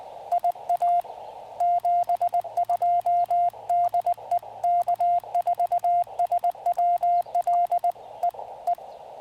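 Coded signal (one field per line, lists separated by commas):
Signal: Morse code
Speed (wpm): 20 wpm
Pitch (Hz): 690 Hz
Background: radio noise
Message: IA 72 DE K4SWL E E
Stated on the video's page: QRP Parks on the Air activation with a Yaesu FT-818ND into a 40-meter end-fed half-wave Spooltenna, keyed with a BaMaKeY TP-III.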